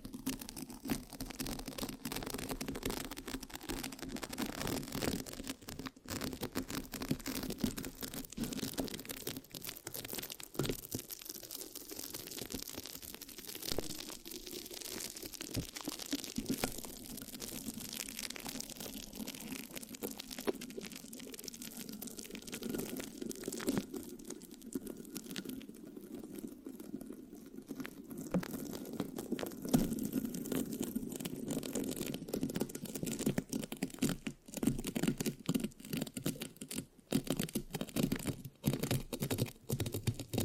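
Sticky mic scratching crackles densely and continuously for forty seconds, a low rubbing hum beneath dense, uneven scrapes and sharp clicks with no speech.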